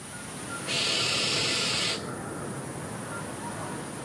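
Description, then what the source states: Barn Owl screech: one harsh, hissing shriek lasting over a second, rising out of a constant background hiss and then stopping abruptly. Heard on holiday in the Dordogne by the high wall of a 12th-century château; possibly nesting in a hole in the old wall or a nearby nest box; midwife toad behind.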